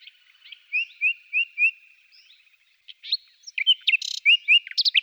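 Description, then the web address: Common nightingale song: four slurred rising whistles repeated steadily, a soft pause, then a burst of varied sharp notes and a buzzy phrase ending in quick rising notes. "agykontroll CD 3-A természet hangjai - Fülemülék"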